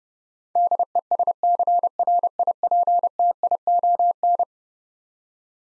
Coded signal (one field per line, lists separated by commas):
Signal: Morse code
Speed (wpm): 31 wpm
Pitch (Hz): 700 Hz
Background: none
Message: DESCRIPTION